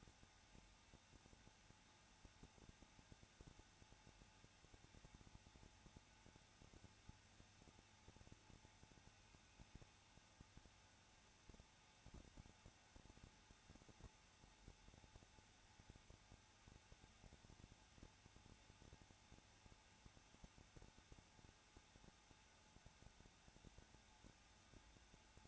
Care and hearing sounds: daily activity, microphone in the room; no activity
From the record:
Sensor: 2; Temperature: 21.0 degrees Celsius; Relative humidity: 34.2%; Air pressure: 994.4 hPa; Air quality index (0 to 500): 171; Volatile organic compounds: 3 ppm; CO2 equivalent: 1331 ppm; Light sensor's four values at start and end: 2/3/2/2 and 2/3/2/2

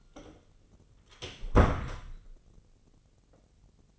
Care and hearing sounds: daily activity, microphone in the room; close door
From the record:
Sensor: 4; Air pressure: 1010.1 hPa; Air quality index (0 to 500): 194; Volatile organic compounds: 3 ppm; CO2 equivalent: 1395 ppm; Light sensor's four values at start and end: 35/84/35/37 and 37/90/37/39

